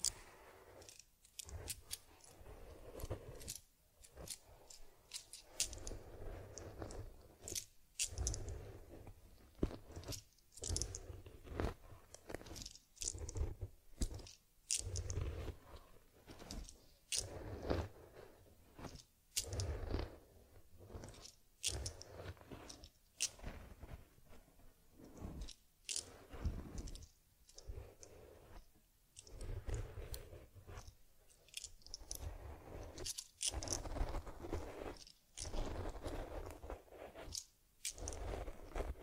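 Teddy bear grooming: rapid, repeated scratchy brushing and crunchy rubbing strokes, dense and bright, with short pauses every second or two throughout.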